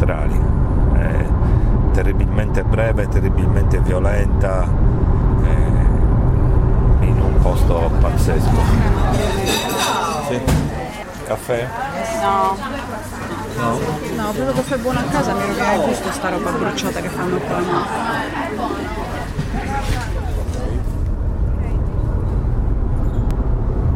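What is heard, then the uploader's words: A crowd gathers outdoors for an ancestral rite in Sedilo, with a dense, steady wash of voices and a low rumble underneath. From about ten to twenty seconds, louder, wavering voices rise above the mass, like shouting or calling, before the general din settles again. S'Ardia - an ancestral rite in Sedilo (soundscape).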